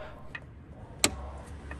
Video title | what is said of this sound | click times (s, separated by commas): 뜨거울수록 점점 더 어두워지는 전조등?! 정답은 인증 LED밖에 없는 건가! | 딱 소리가 나는데 이제 LED 램프를 끼울 준비가 된 겁니다 | 1.0 s